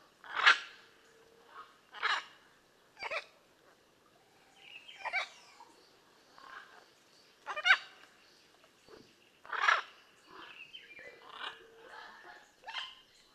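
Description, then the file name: Blue-and-yellow macaw squawks, harsh and screechy, given in an uneven series every second or two, with softer raspy calls mixed between the louder ones. "Blue and yellow Macaw Ara ararauna"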